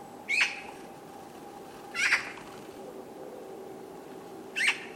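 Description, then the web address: Bird calls: three sharp, scratchy notes, well spaced, over a faint steady hum. "cianscape birddata Deverinetal 2025"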